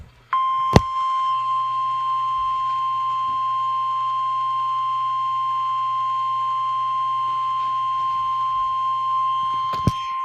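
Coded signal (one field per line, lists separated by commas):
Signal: Emergency Alert System (SAME) tones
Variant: 1050 Hz attention tone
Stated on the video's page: NOAA weather radio station WNG694 relaying a Storm Prediction Center severe thunderstorm watch.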